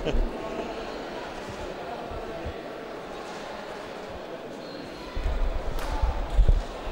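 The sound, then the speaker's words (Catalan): A pilota ball strikes the ground in a few dull, irregular thuds during a Valencian pilota raspall final in Genovés, heard under a steady wash of crowd chatter that swells louder near the end. “Tinc que apartar-me per no fer jo el 15 i que la pilota no me pegue.”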